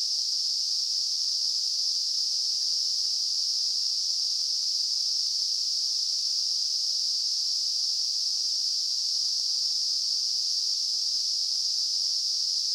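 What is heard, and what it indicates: Simulated tinnitus: a steady, unbroken high-pitched hiss, a narrow band of noise centred around 5 kHz, with no low-frequency content and no change in loudness throughout.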